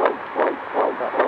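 A baby's heartbeat in the womb, picked up by a Doppler monitor: a steady run of pulsing beats at about 140 per minute.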